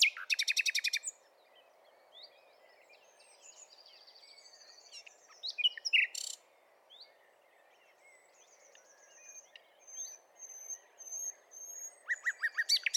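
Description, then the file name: Common nightingale song: a loud rapid buzzy trill opening, then quieter varied whistles and chirps, ending with another fast repeated burst. "Luscinia megarhynchos"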